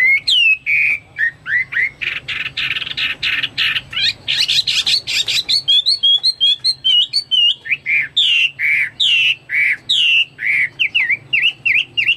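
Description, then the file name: Chinese hwamei song: rapid varied whistles broken by a harsh buzzy stretch, then clear looping slurred notes repeated in quick succession. "omkicau hwamei"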